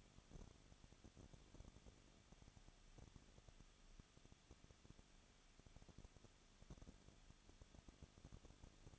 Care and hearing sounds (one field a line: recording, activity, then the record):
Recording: daily activity, microphone in the room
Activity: no activity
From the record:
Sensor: 4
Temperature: 23.0 degrees Celsius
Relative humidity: 34.5%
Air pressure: 1007.2 hPa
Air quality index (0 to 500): 216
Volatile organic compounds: 15 ppm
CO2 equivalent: 2512 ppm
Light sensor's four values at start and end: 2/3/1/1 and 2/3/1/1